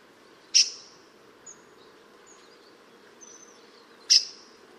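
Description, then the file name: New Caledonian grassbird calls: a sharp loud note, faint thin whistles, then another sharp note about three and a half seconds later over a low steady hum. Recorded at Les Grandes Fougères, Farino, New Caledonia, on 4 July 2009. "new caledonia grassbird locklate les grandes fongeres farino 2009-07-04"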